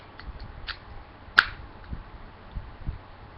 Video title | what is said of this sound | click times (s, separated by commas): Masterpiece Sunstorm (Hasbro version): That weird review # 47 | with with a nice click | 1.4 s